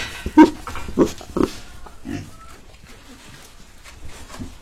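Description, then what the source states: Domestic pig grunting, three strong short grunts in the first second and a half, then fainter grunts trailing off over quiet background. Pigs on a large, systematically organised family-built pig farm, listened to as they 'talk' among themselves.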